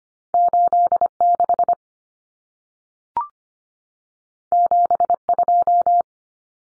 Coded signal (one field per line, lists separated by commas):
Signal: Morse code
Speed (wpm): 25 wpm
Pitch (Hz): 700 Hz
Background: none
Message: 86 72